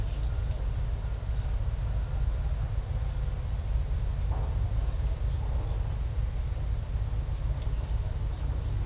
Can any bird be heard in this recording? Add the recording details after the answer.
no. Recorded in secondary vegetation near Puerto Asís, Putumayo, Colombia, on 16 December 2024 at 14:30. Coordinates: 0.499, -76.323. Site G010